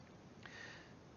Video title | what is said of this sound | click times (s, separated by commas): Project 2: Laptop upgrade | itself you push it in at a slight angle and then press it down and it locks in place do | 0.5 s